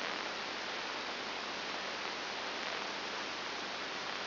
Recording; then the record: brain microelectrode recording played as sound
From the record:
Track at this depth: inside the subthalamic nucleus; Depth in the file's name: 3.502 mm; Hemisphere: left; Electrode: 2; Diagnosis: Parkinson's disease